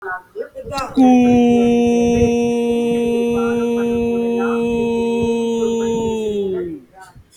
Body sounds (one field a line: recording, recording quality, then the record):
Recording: sustained vowel as in boot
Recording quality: moderate, slight background noise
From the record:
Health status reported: healthy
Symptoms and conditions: none ticked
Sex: male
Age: 23 years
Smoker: not ticked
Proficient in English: yes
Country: India